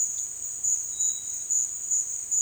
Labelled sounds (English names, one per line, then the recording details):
none
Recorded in dense forest near Puerto Asís, Putumayo, Colombia, on 22 June 2025 at 13:30
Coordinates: 0.466, -76.327
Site GP04